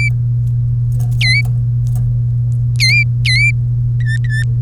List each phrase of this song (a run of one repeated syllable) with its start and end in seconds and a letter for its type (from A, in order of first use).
0.00-0.09 A, 1.20-1.41 B, 2.80-3.51 B, 4.00-4.43 C